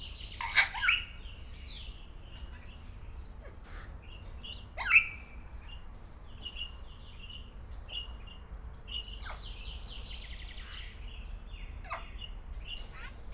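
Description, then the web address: Grey parrot giving loud harsh squawks near the start and again around five seconds, then softer chattering notes, over a low background hum. Recorded at Szeged Zoo in 2011; the call is described as heard continuously every day. "szegedizoo. jakopapagaj"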